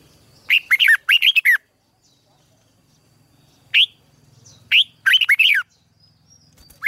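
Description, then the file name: Red-whiskered bulbul giving cheery, looping chirped phrases, one brief note alone, then another bubbly phrase; soft low background hum. "Tieng chao mao hot"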